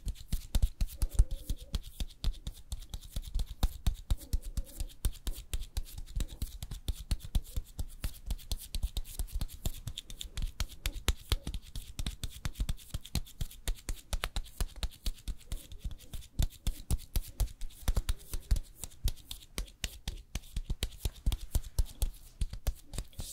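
Makeup and hair styling, heard as a dense run of quick, crisp clicks and taps that never let up, like brushes, combs or clips being handled. The taps come irregularly but constantly, with occasional softer murmurs and rustles underneath.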